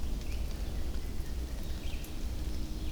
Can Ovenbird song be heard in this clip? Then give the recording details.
no. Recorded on 24 June 2016 at 08:30. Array SBT-6-76